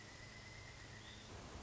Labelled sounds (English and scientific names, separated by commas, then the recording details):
Pileated Woodpecker (Dryocopus pileatus)
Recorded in Sonoma County, California